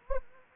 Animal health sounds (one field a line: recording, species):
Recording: mosquito wingbeat signal from an infrared sensor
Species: Anopheles gambiae